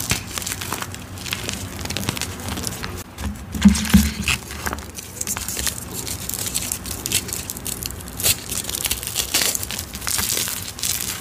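Dyed gym chalk is crushed in a dense, continuous stream of crisp crackles and crinkles, mostly bright with a soft low rumble underneath. Louder crunching bursts stand out around three to four seconds, and the crumbling stays busy and irregular throughout.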